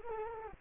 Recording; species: mosquito wingbeat signal from an infrared sensor; Culex quinquefasciatus